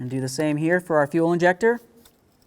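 Someone talks while the gray electrical connector is handled for pushing onto a fuel injector during a passenger-side valve cover replacement on a 2007-2017 Ford Expedition. The speech is followed by quiet and two faint, brief sounds near 2.1 and 2.4 seconds. The clip ends before the connector goes home: nothing has seated or clicked yet.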